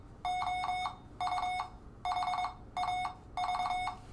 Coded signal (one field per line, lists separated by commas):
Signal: Morse code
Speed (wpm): 22 wpm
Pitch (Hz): 730 Hz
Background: none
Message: OU HAV